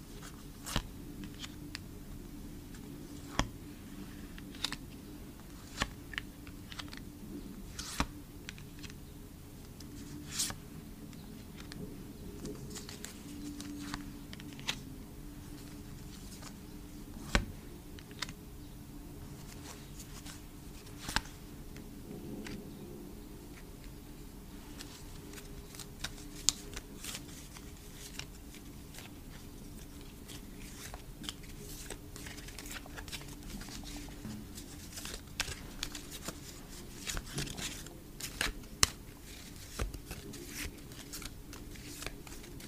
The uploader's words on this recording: Asmr photocard collection. Photocard tapping. Blue yeti microphone.